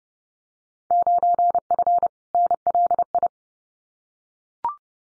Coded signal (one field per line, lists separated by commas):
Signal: Morse code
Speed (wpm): 30 wpm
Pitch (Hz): 700 Hz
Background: none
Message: 9F NLI